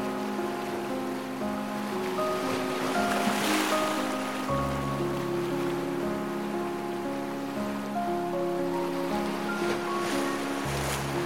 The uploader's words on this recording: Peaceful Piano and Ocean Waves. A blend of gentle waves and relaxing classical piano by Franz Liszt.